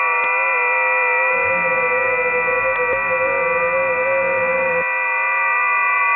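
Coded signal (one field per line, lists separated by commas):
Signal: FT8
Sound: many overlapping steady warbling tones at different pitches, like a dense chord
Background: radio static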